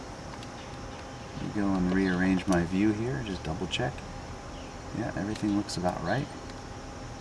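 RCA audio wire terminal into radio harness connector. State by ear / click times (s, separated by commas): not seated / none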